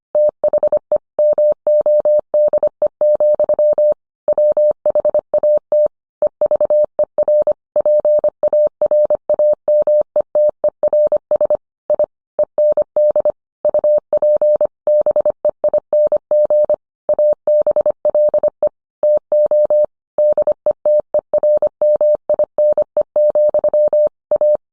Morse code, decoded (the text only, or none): THE MODE, WHAT EVER PARAMETERS I END UP BEING ABLE TO DETERMINE, A